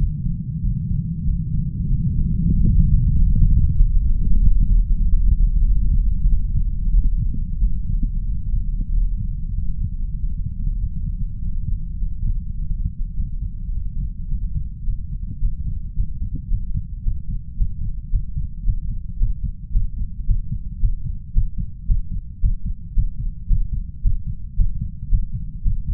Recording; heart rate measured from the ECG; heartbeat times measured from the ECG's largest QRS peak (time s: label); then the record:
heart sounds by stethoscope; 103 bpm
0.61 s: heartbeat
1.24 s: heartbeat
1.87 s: heartbeat
2.49 s: heartbeat
3.12 s: heartbeat
3.74 s: heartbeat
4.37 s: heartbeat
5.00 s: heartbeat
5.63 s: heartbeat
6.27 s: heartbeat
6.92 s: heartbeat
7.59 s: heartbeat
8.25 s: heartbeat
8.90 s: heartbeat
9.53 s: heartbeat
10.15 s: heartbeat
10.77 s: heartbeat
11.37 s: heartbeat
11.96 s: heartbeat
12.55 s: heartbeat
13.13 s: heartbeat
13.70 s: heartbeat
14.27 s: heartbeat
14.83 s: heartbeat
15.38 s: heartbeat
15.93 s: heartbeat
16.47 s: heartbeat
17.01 s: heartbeat
17.55 s: heartbeat
18.09 s: heartbeat
18.63 s: heartbeat
19.17 s: heartbeat
19.70 s: heartbeat
20.24 s: heartbeat
20.78 s: heartbeat
21.32 s: heartbeat
21.85 s: heartbeat
22.39 s: heartbeat
22.93 s: heartbeat
23.47 s: heartbeat
24.01 s: heartbeat
24.55 s: heartbeat
25.08 s: heartbeat
25.61 s: heartbeat
From the record:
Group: healthy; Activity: Valsalva maneuver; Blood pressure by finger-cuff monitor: 119/86 mmHg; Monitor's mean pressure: 96 mmHg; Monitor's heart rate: 107 bpm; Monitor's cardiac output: 6.9 L/min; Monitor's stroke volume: 64 mL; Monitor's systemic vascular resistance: 990 dyn s/cm5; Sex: male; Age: 33 years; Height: 179 cm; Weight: 80.4 kg